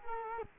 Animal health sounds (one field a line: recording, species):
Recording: mosquito wingbeat signal from an infrared sensor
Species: Culex quinquefasciatus